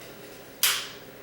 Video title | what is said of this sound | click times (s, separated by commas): UC Davis Respiratory Therapy: demonstration of therapy modalities such as MDIs and DPIs | uh clockwise a half a 180 degree turn and you'll hear a click | 0.6 s